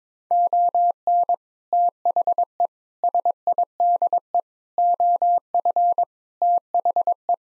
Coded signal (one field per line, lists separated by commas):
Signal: Morse code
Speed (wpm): 22 wpm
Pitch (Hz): 700 Hz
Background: none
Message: ON THE SIDE OF THE